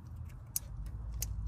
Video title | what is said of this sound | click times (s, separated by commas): Front Brake Replacement Made EASY! - 2019-2023 Chevy Silverado | just going to push in until it clicks | 0.6 s, 1.2 s